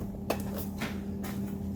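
Firm hand pressure around the plastic driver's side interior door panel of a 2011-2017 BMW X3 pushes its retainer clips into the car door frame, with a sharp click at 0.3 s as they snap home. A softer knock follows at about 1.3 s over a low steady hum, and the panel is seated, putting the door back together.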